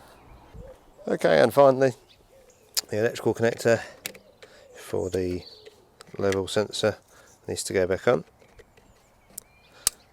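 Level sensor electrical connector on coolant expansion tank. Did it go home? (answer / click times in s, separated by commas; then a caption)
yes / 9.9 s. Someone talks while the level sensor electrical connector is pushed back onto the new plastic coolant expansion tank. A sharp click at 9.9 s confirms the connector is seated.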